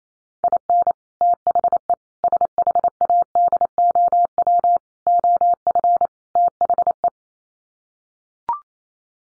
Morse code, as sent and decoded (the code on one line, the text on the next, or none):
.. -. / - .... . / ... .... .- -.. --- .-- / --- ..-. / - .... .
IN THE SHADOW OF THE